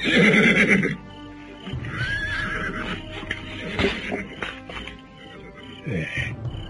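A horse lets out a loud, shrill whinny, followed by a softer stretch of snorting and shuffling hoofbeats, then a second shorter neigh near the end.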